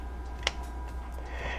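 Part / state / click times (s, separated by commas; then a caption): interchangeable lens into camera body bayonet mount / seated / 0.5 s. An interchangeable lens, lined up by its white focus line with the white dot, is twisted anticlockwise on the bayonet mount of a Nikon N70 camera body. A single short, sharp click is heard at 0.5 s as the lens locks into the mount. The lens is seated, and the lens release button pops up.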